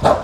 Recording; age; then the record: pig call; growing-finishing pig (85 days or more)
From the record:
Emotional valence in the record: positive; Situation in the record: run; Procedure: transit